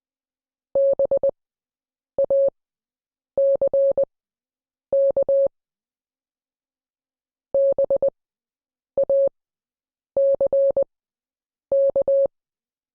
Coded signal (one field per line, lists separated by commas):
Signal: Morse code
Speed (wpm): 20 wpm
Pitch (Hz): 550 Hz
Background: none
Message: BACK BACK